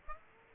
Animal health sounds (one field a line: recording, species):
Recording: mosquito wingbeat signal from an infrared sensor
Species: Aedes aegypti